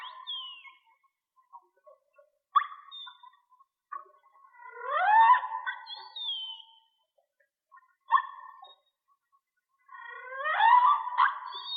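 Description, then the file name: Whale song with upswept whoops and high, falling whistles, separated by pauses with short faint notes. Mono recording. "Whale Song-colin"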